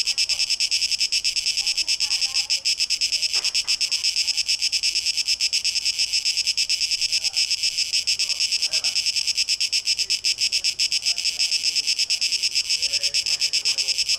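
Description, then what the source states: Shrill cicada drone pulsing rapidly, accompanied by scattered lower warbling and chirping notes. Cicadas, 12 August 2023, tape echo mix.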